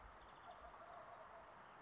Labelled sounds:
Wild Turkey (Meleagris gallopavo)
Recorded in Sonoma County, California

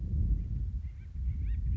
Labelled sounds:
Acorn Woodpecker (Melanerpes formicivorus)
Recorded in Sonoma County, California

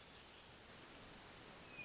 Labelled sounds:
Hermit Thrush (Catharus guttatus)
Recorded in Sonoma County, California

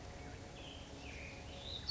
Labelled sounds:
Black-headed Grosbeak (Pheucticus melanocephalus)
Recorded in Sonoma County, California

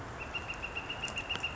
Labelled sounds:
Northern Flicker (Colaptes auratus)
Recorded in Sonoma County, California

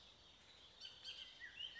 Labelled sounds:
Bullock's Oriole (Icterus bullockii)
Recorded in Sonoma County, California

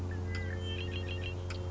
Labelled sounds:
Red-winged Blackbird (Agelaius phoeniceus)
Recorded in Sonoma County, California

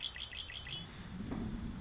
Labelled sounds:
Red-winged Blackbird (Agelaius phoeniceus)
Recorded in Sonoma County, California

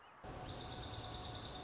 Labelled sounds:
Dark-eyed Junco (Junco hyemalis)
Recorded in Sonoma County, California

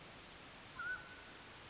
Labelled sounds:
Mountain Quail (Oreortyx pictus)
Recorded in Sonoma County, California

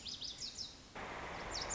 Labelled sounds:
Lazuli Bunting (Passerina amoena)
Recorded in Sonoma County, California

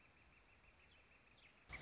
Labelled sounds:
Northern Flicker (Colaptes auratus)
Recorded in Sonoma County, California

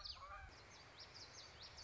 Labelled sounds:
Common Yellowthroat (Geothlypis trichas)
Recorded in Sonoma County, California

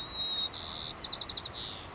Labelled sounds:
White-crowned Sparrow (Zonotrichia leucophrys)
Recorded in Sonoma County, California

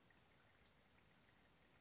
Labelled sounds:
Western Flycatcher (Empidonax difficilis)
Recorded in Sonoma County, California

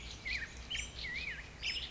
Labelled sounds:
Black-headed Grosbeak (Pheucticus melanocephalus)
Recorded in Sonoma County, California

